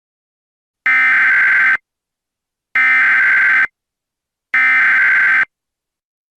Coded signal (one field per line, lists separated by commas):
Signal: Emergency Alert System (SAME) tones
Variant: header bursts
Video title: EAS Scenario Special - McVanc2020: The Crimson Girl